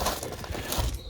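New plastic door trim clips are pushed back into their housings on the door card of a Ford Focus ST to fix a door rattle. Two sharp clicks are heard at 0.2 s and 0.7 s over a rustling, crackling background. The clips seat into the door card.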